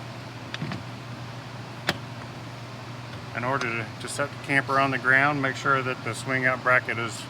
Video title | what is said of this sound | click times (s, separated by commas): Happijac Swing Out Install | It locks in place. | 0.5 s, 1.9 s